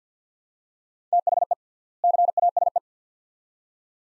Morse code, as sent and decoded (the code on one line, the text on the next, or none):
- .... . / -.-. .- ... .
THE CASE